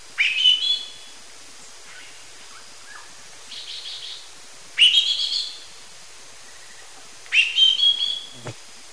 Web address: WLL Grade 1-12 Pre-Uni Library Enter Natures Songs S America Eastern Lowlands Lawrence's Thrush